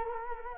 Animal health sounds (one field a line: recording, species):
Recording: mosquito wingbeat signal from an infrared sensor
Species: Culex quinquefasciatus